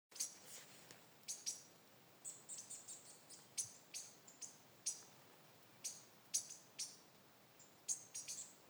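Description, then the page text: Magpie tanager giving thin, high chip notes, some in short quick runs and others spaced out, with quiet background hiss between them. Recorded 24 June 2025 in Misiones, Argentina. "Frutero Overo (Cissopis leverianus). Santiago Juan Torres"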